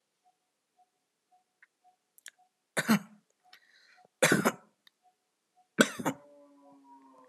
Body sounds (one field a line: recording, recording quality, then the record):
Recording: shallow voluntary cough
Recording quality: excellent, no background noise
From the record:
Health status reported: healthy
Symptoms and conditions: diabetes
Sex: male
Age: 42 years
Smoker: not ticked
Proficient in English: yes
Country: India